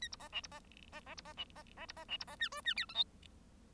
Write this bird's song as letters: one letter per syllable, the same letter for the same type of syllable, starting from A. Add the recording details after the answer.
A B C D B C C C B C D C C B C D B C E F E G H I. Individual Bird1